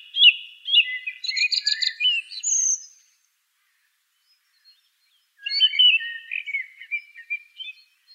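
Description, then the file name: Song thrush song in two bursts of rich, chattering and whistled notes separated by a silent gap. "suara kicauan burung song thrush. omkicau"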